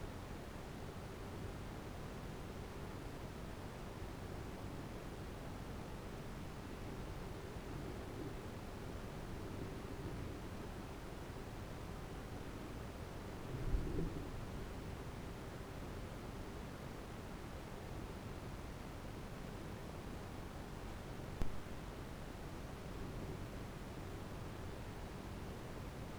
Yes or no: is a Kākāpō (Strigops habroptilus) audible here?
no